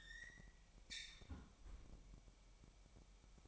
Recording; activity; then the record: daily activity, microphone in the room; close fridge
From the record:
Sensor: 1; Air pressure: 1002.0 hPa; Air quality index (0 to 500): 244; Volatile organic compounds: 50 ppm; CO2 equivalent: 3294 ppm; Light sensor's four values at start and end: 8/28/10/11 and 8/28/10/11